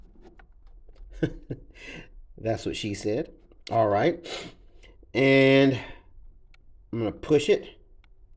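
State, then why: Not seated. Someone talks while a micro SD card is handled at the spring-loaded card slot of a handheld night vision monocular, about to be pushed in with a fingernail. Only speech and a few faint, brief ticks are heard. Nothing has seated or clicked yet.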